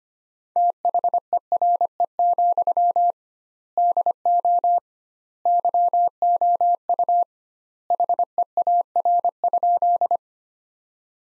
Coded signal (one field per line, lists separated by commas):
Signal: Morse code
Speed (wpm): 25 wpm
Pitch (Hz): 700 Hz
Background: none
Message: THERE, DO YOU HEAR?